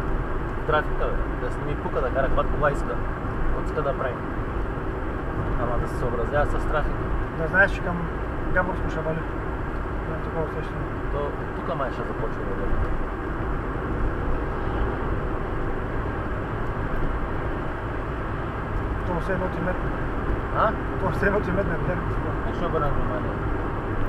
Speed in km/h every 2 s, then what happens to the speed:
90, 90, 90, 90, 89, 90, 89, 92, 94, 95, 95, 95.
0-12 steady at about 90. 12-24 speeds up to 95.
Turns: none.